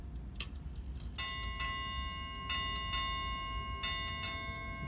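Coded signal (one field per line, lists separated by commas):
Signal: ship's bell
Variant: Chelsea ship's bell clock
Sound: clock bell rings six times in three pairs of two, tones ringing on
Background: faint clock ticking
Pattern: 3 pairs (6 strikes)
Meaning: Six bells marks 11 o'clock here, as the video states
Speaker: when you hear the six bells here three sets of two you'll know that it's 11 o'clock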